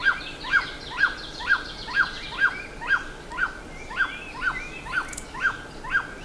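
Bird calls: crisp downslurred notes repeated steadily every half second, over soft overlapping chirps from other birds.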